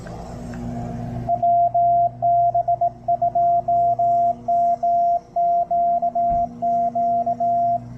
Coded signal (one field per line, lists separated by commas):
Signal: Morse code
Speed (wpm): 18 wpm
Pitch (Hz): 690 Hz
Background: radio noise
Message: WB2MQQ